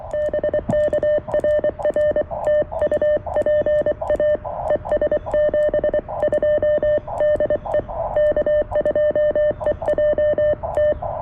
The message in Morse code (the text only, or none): BK RR TU PA ES 72 DE K2EJT